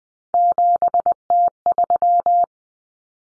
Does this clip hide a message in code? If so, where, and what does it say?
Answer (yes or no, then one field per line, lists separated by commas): yes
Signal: Morse code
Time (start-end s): 0.3-2.4 s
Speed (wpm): 20 wpm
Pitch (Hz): 700 Hz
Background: none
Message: 7T3